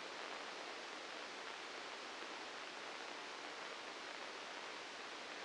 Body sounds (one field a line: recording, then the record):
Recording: brain microelectrode recording played as sound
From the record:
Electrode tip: outside the subthalamic nucleus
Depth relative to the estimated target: -3 mm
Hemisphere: left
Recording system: NeuroSet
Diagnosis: Parkinson's disease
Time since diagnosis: 9 years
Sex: male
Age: 56 years